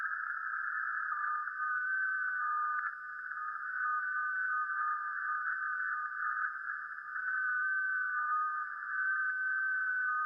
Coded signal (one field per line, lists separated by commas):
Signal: FT8